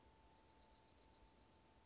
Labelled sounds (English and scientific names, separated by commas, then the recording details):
Dark-eyed Junco (Junco hyemalis)
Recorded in Sonoma County, California